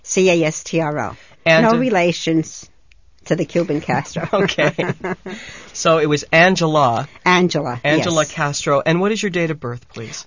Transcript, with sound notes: C-A-S-T-R-O. No relations to the Cuban Castro. ( they laugh )
Okay. So it was Angela.
Angela, yes.
Angela Castro. And what is your date of birth, please?